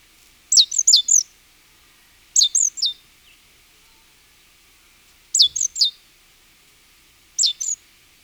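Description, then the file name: Great tit: four short bursts of sharp, high notes, spaced about two to three seconds apart, against a quiet background. "Parus major"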